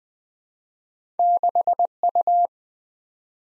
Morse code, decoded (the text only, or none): 6U